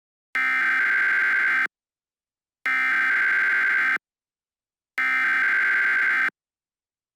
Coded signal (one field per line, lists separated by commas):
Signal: Emergency Alert System (SAME) tones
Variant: header bursts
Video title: All EAS SYSTEMS Remade